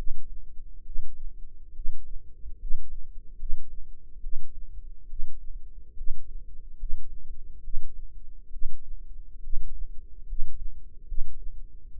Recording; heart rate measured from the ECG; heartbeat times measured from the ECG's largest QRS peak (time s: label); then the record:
heart sounds by microphone in the left ear; 70 bpm
0.82 s: heartbeat
1.72 s: heartbeat
2.56 s: heartbeat
3.35 s: heartbeat
4.19 s: heartbeat
5.06 s: heartbeat
5.93 s: heartbeat
6.75 s: heartbeat
7.60 s: heartbeat
8.49 s: heartbeat
9.40 s: heartbeat
10.24 s: heartbeat
11.04 s: heartbeat
11.88 s: heartbeat
From the record:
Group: healthy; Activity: rest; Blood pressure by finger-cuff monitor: 110/71 mmHg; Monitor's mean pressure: 83 mmHg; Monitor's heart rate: 71 bpm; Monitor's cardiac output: 6 L/min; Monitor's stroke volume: 85 mL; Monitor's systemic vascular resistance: 1000 dyn s/cm5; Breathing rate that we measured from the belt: 16 breaths a minute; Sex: female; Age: 22 years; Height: 171 cm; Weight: 65.6 kg